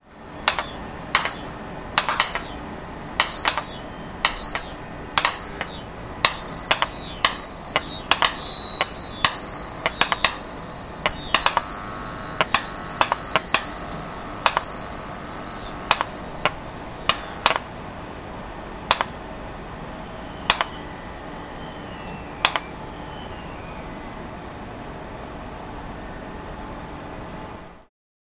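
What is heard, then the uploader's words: Nitrogen valves clicking and snapping in sharp, bright bursts about once a second, each clack followed briefly by a high thin hiss that rings and slides in pitch through the first half. A steady low hum runs underneath the whole time. ESTEC - Nitrogen Valves. In addition, I've included sounds of the popping of nitrogen valves from the Materials & Electrical Components Laboratory, involved in a materials test. The microphones used for this recording are specially made by Slovakia's Jonáš Gruska (LOM Label).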